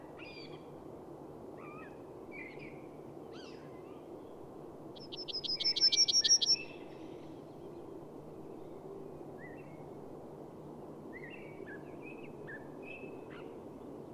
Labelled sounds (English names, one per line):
Yellowhammer song